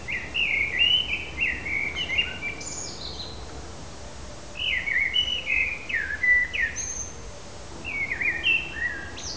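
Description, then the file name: Eurasian blackbird giving short warbled phrases that rise and fall, three bursts of several notes separated by pauses, over a steady low background hum. "KOS"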